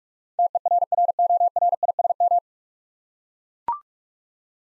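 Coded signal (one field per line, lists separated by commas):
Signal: Morse code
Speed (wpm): 44 wpm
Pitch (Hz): 700 Hz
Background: none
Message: TERRORISM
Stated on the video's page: Practice set at 45 wpm: nine-letter words sent in Morse, each sent twice, for head-copy training.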